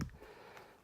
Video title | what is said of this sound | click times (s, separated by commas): Mustad Live - Billy Mulqueen | use your screw cap till it clicks | 0.0 s